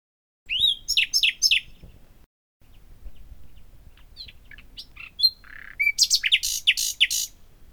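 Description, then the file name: Common nightingale song: a burst of rapid repeated chirps, a quieter spell of scattered varied notes, then a loud rich phrase of fast sweeping notes near the end. "Luscinia megarhynchos"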